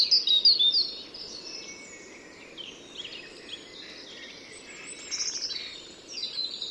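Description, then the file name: European robin song: a short high sparkling phrase at the start, then fainter thin warbles over background noise, with louder high notes returning near the end. "Erithacus rubecula"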